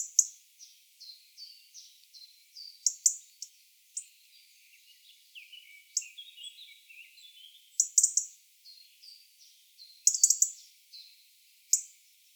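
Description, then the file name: European robin giving a varied run of high, thin whistled and trilled notes, with sharp clicky accents in the middle and near the end. "Erithacus rubecula"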